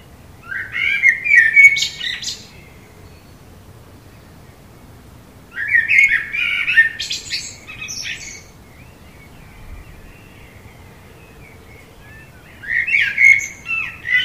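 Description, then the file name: Common blackbird song: three fluty warbled phrases several seconds apart, the first two closing in a thin, scratchy squeak. "Turdus merula"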